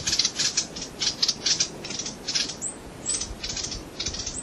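Peruvian Wren giving dry, buzzy high notes in quick bursts, several per second, louder at first then softer.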